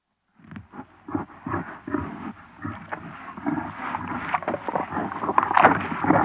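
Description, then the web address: Warthogs snarling: a run of harsh, rasping grunts and snarls that grow louder toward the end. Several animals, close up, growling and snarling; South Africa. "wart hogs close up growls and snarls from several animals"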